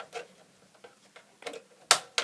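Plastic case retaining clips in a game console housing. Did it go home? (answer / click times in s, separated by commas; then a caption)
released / 1.9 s, 2.2 s. A tool is pressed into the small holes in the plastic side panel of an Xbox 360 game console to release the internal plastic retaining clips of the case. After a few faint ticks and taps, two sharp, loud clicks ring out at 1.9 s and 2.2 s as the clips release and the case clicks open.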